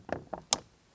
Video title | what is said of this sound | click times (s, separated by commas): NEW Accessory for Rivian R1T & R1S! Light it Up! | It's a much brighter already, I can tell, and click it in. | 0.5 s